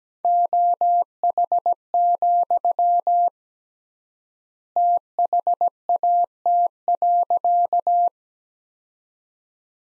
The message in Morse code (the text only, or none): OH, THAT.